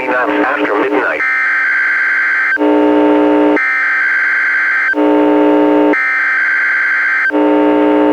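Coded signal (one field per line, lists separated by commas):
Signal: Emergency Alert System (SAME) tones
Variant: header bursts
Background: speech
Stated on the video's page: NWR Required Weekly Test relayed by weather radio station, heavy static interference; recorded directly from a weather radio through an audio recorder.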